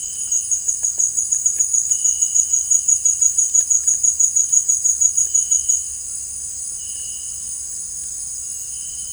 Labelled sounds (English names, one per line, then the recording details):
none
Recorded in dense forest near Puerto Asís, Putumayo, Colombia, on 19 March 2025 at 17:30
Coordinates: 0.484, -76.317
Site G064